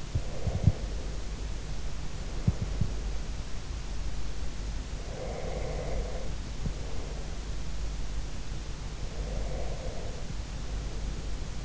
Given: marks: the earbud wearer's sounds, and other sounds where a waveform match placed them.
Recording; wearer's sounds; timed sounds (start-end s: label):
sounds in sleep by an in-ear microphone; breath
0.00-1.52 s: breath
0.16-0.71 s: sound from someone else or the room
1.91-3.28 s: breath
2.33-2.95 s: sound from someone else or the room
5.00-7.37 s: breath
9.03-11.65 s: breath